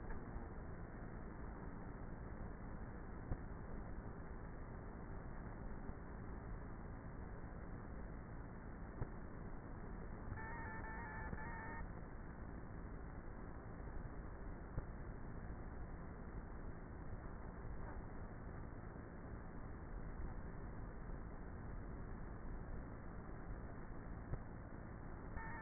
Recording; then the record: honeybee colony, microphone inside the hive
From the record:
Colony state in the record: queenless with a low population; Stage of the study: before two queens were removed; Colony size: about 30,000 bees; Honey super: no